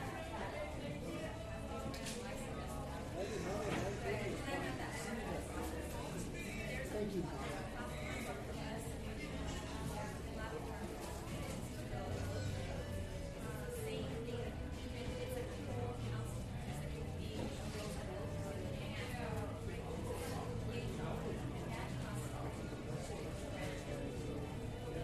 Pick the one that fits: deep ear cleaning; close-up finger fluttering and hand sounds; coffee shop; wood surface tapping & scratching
coffee shop